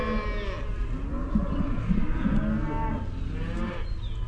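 Cow giving a low, rough, wavering moo that blends into a deep rumbling background.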